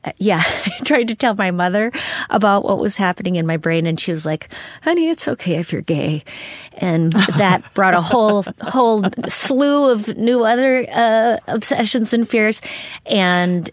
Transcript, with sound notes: I tried to tell my mother about what was happening in my brain, and she was like, honey, it's OK if you're gay.
(Laughter).
And that brought a whole slew of new other obsessions and fears.